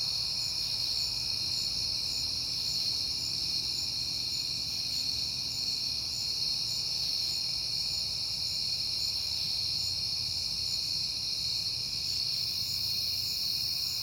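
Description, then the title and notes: Crickets chirp together in an unbroken high-pitched drone, with a soft low rumble in the background. Crickets recorded at night in September on a peaceful night. "Night Time: Crickets and Passing Cars. It is September and I have been hearing the crickets a lot, but finally had a peaceful night to make the recording"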